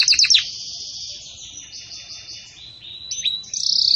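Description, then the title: Belgian canary singing: a quick opening trill gives way to long, smooth, high whistled tours, ending in a bright rapid roll. Belgian canary singing in the 'campainha' (bell) style, offered as a song model for tutoring young chicks. "Belíssimo Canto Do Canário Belga Campainha Para Encarte De Filhotes"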